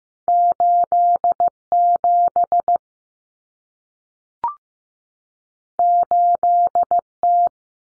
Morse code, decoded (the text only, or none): 87 8T